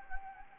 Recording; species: mosquito wingbeat signal from an infrared sensor; Anopheles gambiae